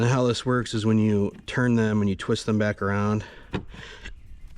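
A plastic twist-lock fastener on the battery-area trim panel of a BMW X3 is turned and twisted back around while someone talks. Brief handling ticks follow near the end, but nothing has seated or clicked into place yet.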